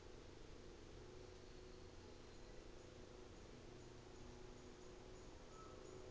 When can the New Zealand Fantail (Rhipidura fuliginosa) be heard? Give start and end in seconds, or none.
none